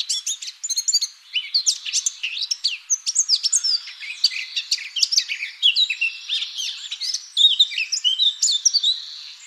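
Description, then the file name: Eurasian blackcap warbling, a steady stream of sharp high chirps and quick scratchy twitters, barely pausing across the whole stretch. "Sylvia atricapilla"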